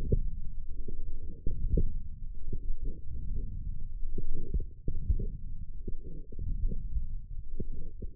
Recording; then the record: forearm muscle sounds (acoustic myography)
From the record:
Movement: forearm supination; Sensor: system 1, eight BSWA MPA416 microphones around the upper forearm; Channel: 6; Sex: male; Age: 20 years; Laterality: left